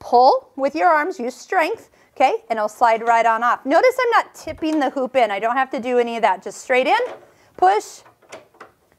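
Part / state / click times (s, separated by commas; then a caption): embroidery hoop into sewing machine embroidery unit / seated / 8.6 s. An embroidery hoop is pushed straight into the arm of a Husqvarna Viking Designer Diamond 60 embroidery unit, without tipping it. Someone talks through most of the clip. Near the end, soft knocks lead to a short, sharp click at 8.6 s as the hoop locks into place.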